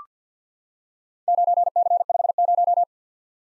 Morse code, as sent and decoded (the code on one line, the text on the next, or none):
----. -.-. ..... -----
9C50